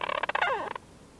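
European storm petrel making one short chattering call, a quick stutter of notes sliding downward, then stopping abruptly into quiet.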